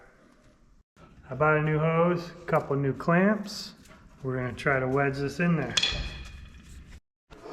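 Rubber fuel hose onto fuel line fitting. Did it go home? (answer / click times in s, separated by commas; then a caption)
no / none. A new rubber fuel hose, bought with a couple of new clamps to replace a cracked, leaking one, is being wedged onto the fuel line fitting of a 1967 Camaro while someone talks. Brief handling noises are heard between the speech. The hose has not seated onto the fitting yet by the end of the clip.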